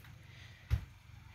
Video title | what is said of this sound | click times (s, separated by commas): 2016 Dodge Grand Caravan - Sliding door won't open/unlock - Disassembly, Replace and Reassembly | It should just push up and then it will snap into place. | 0.7 s